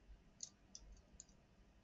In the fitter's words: There you go. This one's latched.